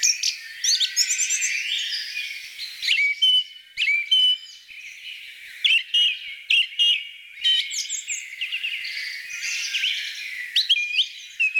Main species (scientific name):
Turdus philomelos